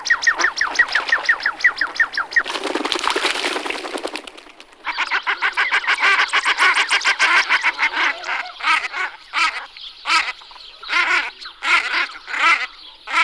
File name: Husice lisci Tadorna tadorna